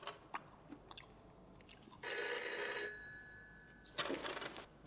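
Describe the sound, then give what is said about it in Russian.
A telephone bell rings in a bright, metallic burst with sustained tonal harmonics that linger and fade, then a second shorter ring follows. Faint crunching or cracking taps sound earlier as walnuts are cracked in a kitchen. “Бежит к телефону в комнату.”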